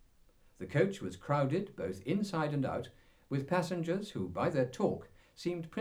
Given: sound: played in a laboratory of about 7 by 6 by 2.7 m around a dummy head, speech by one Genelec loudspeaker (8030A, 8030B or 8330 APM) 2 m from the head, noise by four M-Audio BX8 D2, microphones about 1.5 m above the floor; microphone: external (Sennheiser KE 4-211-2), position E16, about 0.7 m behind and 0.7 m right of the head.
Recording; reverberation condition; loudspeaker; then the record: male speech in English; low; 90 degrees to the right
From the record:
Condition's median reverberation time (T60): about 310 ms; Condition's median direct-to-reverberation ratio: about 3.5 dB